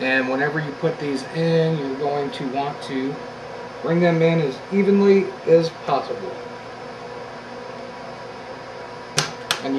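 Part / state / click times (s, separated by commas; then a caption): RAM module into motherboard memory slot / seated / 9.2 s, 9.5 s. A RAM stick is pressed evenly into a motherboard DIMM slot while someone talks, and its two plastic retention clips snap shut with two sharp clicks at 9.2 s and 9.5 s. The module is seated with a positive click.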